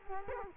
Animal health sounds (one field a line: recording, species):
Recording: mosquito wingbeat signal from an infrared sensor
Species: Culex quinquefasciatus